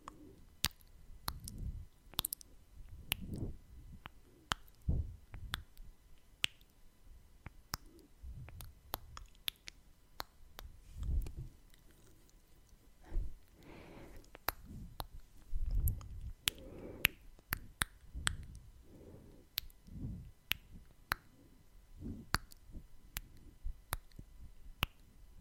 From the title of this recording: ASMR Mouth Sounds (Tongue clicking, Kissing sounds, Breathing, Face Touching)